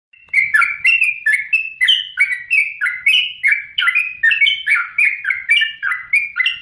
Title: Kicau Kacer